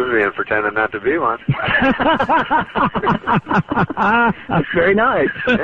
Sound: laughter